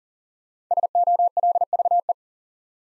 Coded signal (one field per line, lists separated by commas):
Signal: Morse code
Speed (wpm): 38 wpm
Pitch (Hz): 700 Hz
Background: none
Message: SOLVE